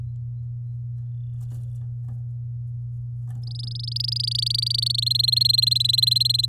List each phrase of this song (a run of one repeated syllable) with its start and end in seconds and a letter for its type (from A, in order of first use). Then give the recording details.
3.43-5.00 A, 5.02-6.46 B. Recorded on 10 May 2018 at 09:40. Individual llb16